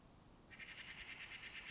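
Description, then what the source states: Lesser kestrel chattering call, a rapid run of harsh, evenly pulsed notes that starts abruptly and continues to the end. Breeding colony that took over an abandoned building in Doñana, southern Europe; a migratory raptor that forages in West Africa and breeds in southern Europe.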